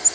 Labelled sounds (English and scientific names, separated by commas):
Black-throated Green Warbler (Setophaga virens) flight call